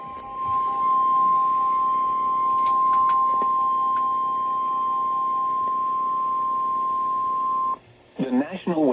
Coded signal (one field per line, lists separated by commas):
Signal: Emergency Alert System (SAME) tones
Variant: 1050 Hz attention tone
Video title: (EAS #225) Severe Thunderstorm Warning for Multiple KMKX Counties